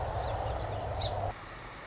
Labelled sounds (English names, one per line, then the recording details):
Song Sparrow
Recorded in Sonoma County, California